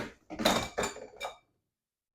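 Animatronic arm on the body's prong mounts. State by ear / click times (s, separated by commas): not seated / none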